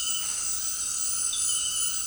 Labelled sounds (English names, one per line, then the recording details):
none
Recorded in secondary vegetation near Puerto Asís, Putumayo, Colombia, on 20 February 2024 at 18:30
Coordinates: 0.468, -76.324
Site G6381